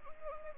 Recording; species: mosquito wingbeat signal from an infrared sensor; Anopheles arabiensis